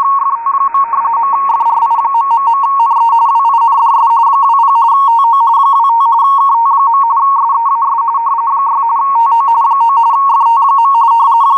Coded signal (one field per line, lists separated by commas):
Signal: RTTY